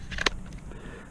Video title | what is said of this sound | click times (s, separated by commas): MJX B4W 2K Brushless RC Drone | let's go ahead and insert the battery clicks into place | 0.3 s